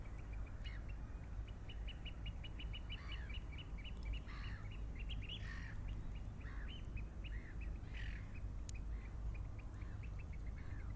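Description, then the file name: Birds calling: quick repeated high chips in a long run, mixed with a few harsh, rasping calls, over a constant low rumbling background. "vogels"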